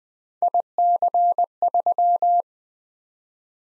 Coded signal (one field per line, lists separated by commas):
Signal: Morse code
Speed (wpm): 20 wpm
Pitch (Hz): 700 Hz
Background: none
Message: IC3